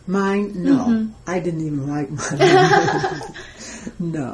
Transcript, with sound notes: Mine, no. I didn't even like mine [laughs] No...